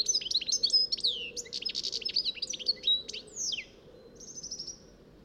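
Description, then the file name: European goldfinch with a fast, sparkling twitter of chirps and slurred notes that ends in a brief thin trill, then quiets over a low steady hum. "Carduelis carduelis"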